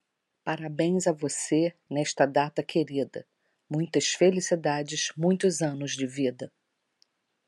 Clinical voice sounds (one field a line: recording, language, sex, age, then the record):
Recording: short text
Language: Brazilian Portuguese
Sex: female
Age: 50 to 59 years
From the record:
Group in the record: control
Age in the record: 56 years